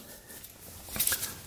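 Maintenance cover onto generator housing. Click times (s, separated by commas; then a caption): 1.0 s, 1.1 s. A plastic maintenance cover is pressed back onto the housing of a Honda generator and snaps into place. Quiet low background noise gives way to two sharp clicks at 1.0 s and 1.1 s, and the cover is seated.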